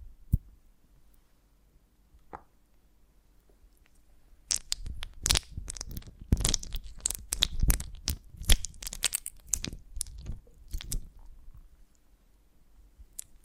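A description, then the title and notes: Honeycomb on a branch being bitten and chewed: sticky, crunching bites in quick irregular bursts. The first four seconds hold only a few isolated clicks, then dense wet crunching runs from about 4.5 to 11 seconds before thinning to scattered soft snaps. ASMR of a Honeycomb on Branch (No Talking).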